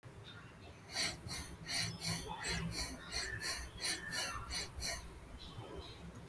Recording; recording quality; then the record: shallow breathing; excellent, no background noise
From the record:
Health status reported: healthy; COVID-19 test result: negative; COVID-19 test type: RT-PCR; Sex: male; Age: 33 years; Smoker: no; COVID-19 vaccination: one dose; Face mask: not worn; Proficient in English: yes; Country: India